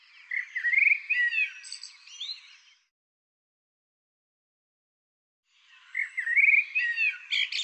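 Bird calls in two bursts of varied chirps, rising sweeps and quick warbled notes, separated by about three seconds of silence.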